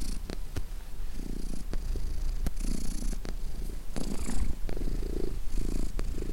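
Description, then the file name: Domestic cat giving a continuous deep purr, pulsing in and out with its breathing, with light scratchy rustles throughout. "Cat purring"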